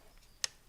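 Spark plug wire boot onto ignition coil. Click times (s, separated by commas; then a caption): 0.4 s. On an SL55 AMG during a tune-up, the bottom (B) spark plug wire boot is pushed up onto the ignition coil terminal, and a single sharp, bright snap rings out at 0.4 s against a quiet background. The boot is confirmed seated on the coil and is followed by a tug test.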